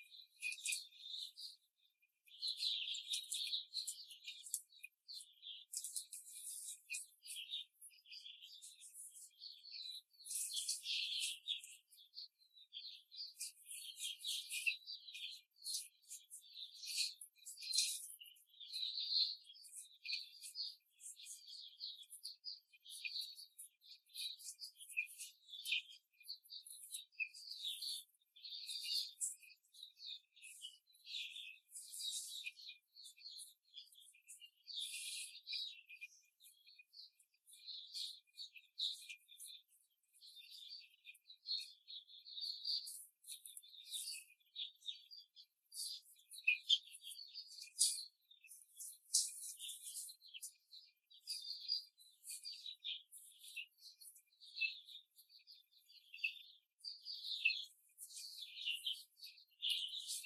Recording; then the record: young laying hens in a cage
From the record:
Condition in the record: control cage, before the stress test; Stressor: none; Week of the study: 4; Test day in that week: 3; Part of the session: 1